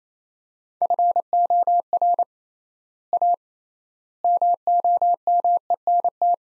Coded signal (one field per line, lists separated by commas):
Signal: Morse code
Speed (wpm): 28 wpm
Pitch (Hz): 700 Hz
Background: none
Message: FOR A MOMENT